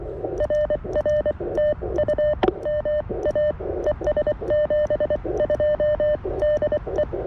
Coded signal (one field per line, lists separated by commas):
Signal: Morse code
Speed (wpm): 23 wpm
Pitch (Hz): 600 Hz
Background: none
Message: RR TU MA ES 72 DE